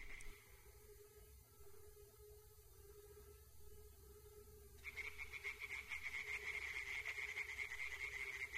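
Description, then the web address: Tree frog chorus, quieter scattered croaking at first, then loud, fast rattling calls fill the second half. Chorus of tree frogs in a forest. "Tajemnice puszczy Koncert rzekotek"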